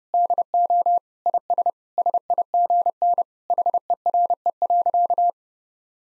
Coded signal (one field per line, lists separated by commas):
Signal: Morse code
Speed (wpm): 30 wpm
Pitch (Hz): 700 Hz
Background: none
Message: DO IS SIGN HERE.